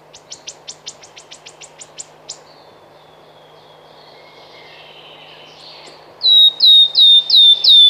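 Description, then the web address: Wood warbler song: a run of dry, quick ticks, a quiet gap, then clear descending whistled notes repeated steadily. "Przyroda Ptaki Świstunka leśna"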